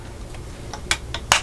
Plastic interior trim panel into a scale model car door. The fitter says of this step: if is to put this interior panel on now it simply just snaps in place